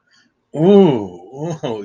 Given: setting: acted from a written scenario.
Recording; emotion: vocal sound without words; ecstasy